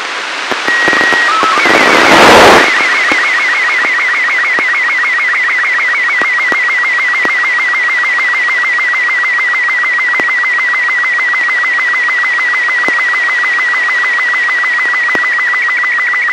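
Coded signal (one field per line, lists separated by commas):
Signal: SSTV (slow-scan television)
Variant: Robot 36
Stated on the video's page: SSTV signals received from amateur radio satellite ARISSAT-1 during a full pass, weaker at the start and end and stronger near peak elevation.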